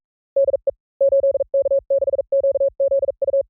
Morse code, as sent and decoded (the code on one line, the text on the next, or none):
-.. . / ---.. -.- -.... --.- --.. ..-
DE 8K6QZU